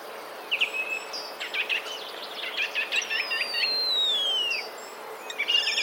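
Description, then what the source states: Common starling song: a brief whistle, a quick run of chattering clicks, then a long thin whistle sliding downward, ending in squeaky notes. Mimicry of sparrow sounds; recorded 16 March 2024.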